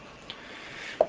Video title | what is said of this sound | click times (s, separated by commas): CETME bolt carrier dissassembly instructions | last little turn until it snaps into place. | 1.0 s